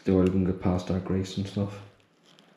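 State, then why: Seated. Someone talks while a damper component is pushed home into a Fox 38 mountain bike suspension fork during reassembly with freshly greased seals. After the talk fades, a few faint ticks follow, and a small click at 2.4 s marks the part locking into place.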